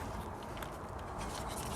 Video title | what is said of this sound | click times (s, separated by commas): BMW E60/E61 Brake Pad Sensor Replacement | Make sure that goes all the way home, get a nice click. | 0.6 s